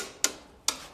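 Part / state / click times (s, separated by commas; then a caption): parking brake lever ratchet on the driveline brake drum / seated / 0.2 s, 0.7 s. The rebuilt parking brake lever on a restored Dodge Power Wagon truck chassis is pulled, and its metal ratchet on the driveline brake drum gives two sharp, bright clicks at 0.2 s and 0.7 s against a faint background hiss. The ratchet engages with a nice action, and the newly relined brake band locks in place around the drum.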